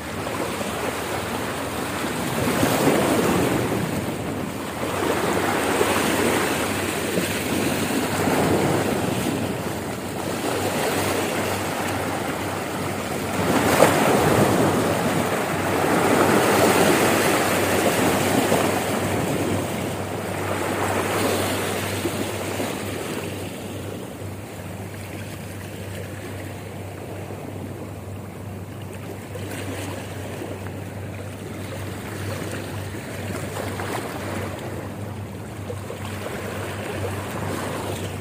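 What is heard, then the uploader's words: Ocean waves crash and wash against rocks in a dense, rushing roar, with surges building around 3, 7 and 14 seconds. After about 20 seconds the water quiets to a softer, duller hiss, and a steady low hum sits underneath. Ocean waves crashing on rocks.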